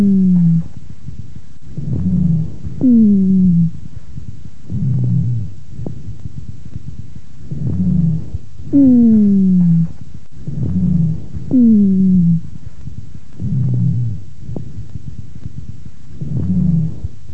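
Harsh breathing as the main breath sound, with low-pitched, groaning, falling-pitch dry bass rhonchi formed in the large and medium bronchi, in an adult woman with chronic bronchitis.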